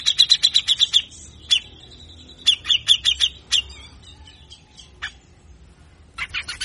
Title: MASTERAN CUCAK JENGGOT GACOR FULL BESETAN KASAR DURASI PANJANG !!!. Cucak Jenggot Gacor Ngotot Ampuh Pikat Suara Cucak Jenggot Malas Bunyi